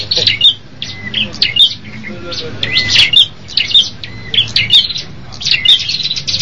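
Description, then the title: Bird song, lively bursts of high chirps and quick whistled notes in rapid repeated phrases over a faint low hum. "kikicau"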